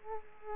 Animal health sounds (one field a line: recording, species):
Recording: mosquito wingbeat signal from an infrared sensor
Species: Culex quinquefasciatus